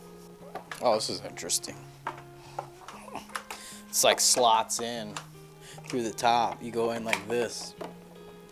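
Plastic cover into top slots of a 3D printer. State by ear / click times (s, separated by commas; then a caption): not seated / none. A plastic cover is lowered into the slots on top of an Elegoo Centauri Carbon 2 3D printer while someone talks over background music. A few short plastic taps and knocks come from the handling. Nothing has seated or clicked yet.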